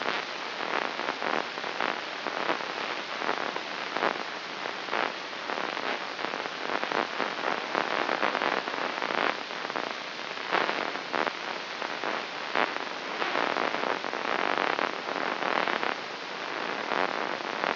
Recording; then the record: brain microelectrode recording played as sound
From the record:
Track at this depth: inside the subthalamic nucleus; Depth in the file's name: 5.911 mm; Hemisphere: left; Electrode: 3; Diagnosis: Parkinson's disease